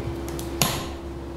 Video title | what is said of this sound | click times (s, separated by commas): PC Kasir untuk Para Pengusaha, Spek Menengah Harga Terjangkau - Perakitan Pc Eps. 02 | seperti itu Nah jika sudah bunyi klik tandanya sudah terpasang dengan baik | 0.6 s